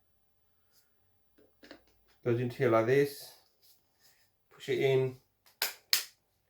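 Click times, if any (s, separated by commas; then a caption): 5.9 s. A copper nozzle is pushed into the front of an Ocaleb 550W handheld electric paint spray gun while someone talks. A sharp click at 5.9 s shows the nozzle locking in place, seated.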